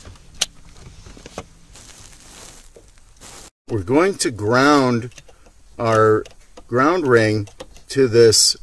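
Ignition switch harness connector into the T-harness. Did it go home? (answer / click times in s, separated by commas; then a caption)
yes / 0.4 s. The ignition switch harness connector is pushed into the other end of a plastic T-harness for a plug-and-play remote start on a 2007–2009 Kia Sorento. It clicks and seats with one sharp loud snap at 0.4 s, followed by a few faint handling ticks and rustles. Then someone talks.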